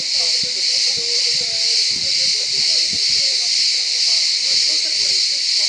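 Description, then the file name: Cicadas drone in a steady, harsh buzz with slight pulsing. "asklipieion cicale"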